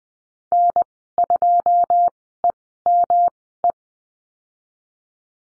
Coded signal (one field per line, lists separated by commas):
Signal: Morse code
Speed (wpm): 20 wpm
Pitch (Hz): 700 Hz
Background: none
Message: N2EME